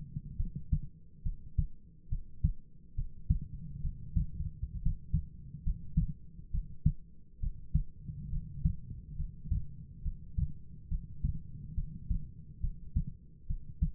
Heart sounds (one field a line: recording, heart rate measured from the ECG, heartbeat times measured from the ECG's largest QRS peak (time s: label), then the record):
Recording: heart sounds by stethoscope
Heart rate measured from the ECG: 69 bpm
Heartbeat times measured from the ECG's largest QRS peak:
0.36 s: heartbeat
1.22 s: heartbeat
2.08 s: heartbeat
2.95 s: heartbeat
3.81 s: heartbeat
4.82 s: heartbeat
5.64 s: heartbeat
6.52 s: heartbeat
7.40 s: heartbeat
8.30 s: heartbeat
9.16 s: heartbeat
10.02 s: heartbeat
10.88 s: heartbeat
11.74 s: heartbeat
12.60 s: heartbeat
13.46 s: heartbeat
From the record:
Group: heart failure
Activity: rest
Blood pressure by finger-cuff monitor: 81/53 mmHg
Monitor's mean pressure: 65 mmHg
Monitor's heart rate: 69 bpm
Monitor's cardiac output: 4.9 L/min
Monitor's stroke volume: 70 mL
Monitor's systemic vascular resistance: 940 dyn s/cm5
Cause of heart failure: non-ischemic cardiomyopathy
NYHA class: 1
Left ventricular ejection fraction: 42%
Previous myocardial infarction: absent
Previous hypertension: absent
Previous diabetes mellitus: absent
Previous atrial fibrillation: absent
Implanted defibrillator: present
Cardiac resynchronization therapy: absent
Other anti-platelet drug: absent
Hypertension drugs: sacubitril-valsartan, spironolactone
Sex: female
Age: 39 years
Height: 162 cm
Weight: 67.9 kg